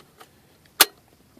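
A metal mounting bracket tab for a double-DIN head unit is slid through and pushed up into the radio installation sleeve in the dash of a 2003 WRX. A faint tap comes at 0.2 s, then a sharp, loud snap at 0.8 s as the tab clicks into place and the bracket is seated.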